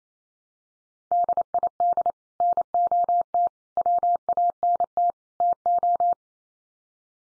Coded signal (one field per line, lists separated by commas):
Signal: Morse code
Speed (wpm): 28 wpm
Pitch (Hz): 700 Hz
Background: none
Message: DID NOT WANT TO